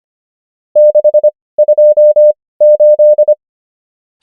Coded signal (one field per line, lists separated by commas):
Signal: Morse code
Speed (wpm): 25 wpm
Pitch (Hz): 600 Hz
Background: none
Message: 628